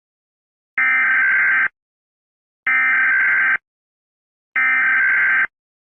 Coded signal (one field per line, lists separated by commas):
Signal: Emergency Alert System (SAME) tones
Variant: header bursts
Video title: NORTHERN AMERICAN EAS ALARMS (SPECIAL)